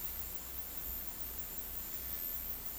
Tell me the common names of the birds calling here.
none